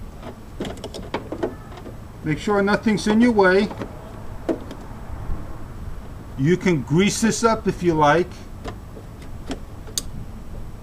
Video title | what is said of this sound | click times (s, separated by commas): 2002 Honda CRV Actuator Part 2 of 2 | here a little click I'm all done | 10.0 s